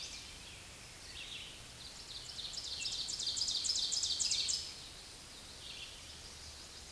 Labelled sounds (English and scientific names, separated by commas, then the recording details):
Ovenbird (Seiurus aurocapilla) song
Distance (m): 45 m
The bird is about 15 m above the microphone
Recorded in a Pennsylvania forest on 16 May 2024 at 07:33
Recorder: AudioMoth, point MSD-1539
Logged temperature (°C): 16.0 °C
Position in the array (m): 170 m, -30 m